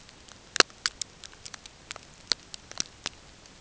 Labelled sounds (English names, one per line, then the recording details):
none
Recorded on Arctic tundra, site NAIT-1, on 20 June 2018
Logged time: 05:00